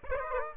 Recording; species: mosquito wingbeat signal from an infrared sensor; Aedes aegypti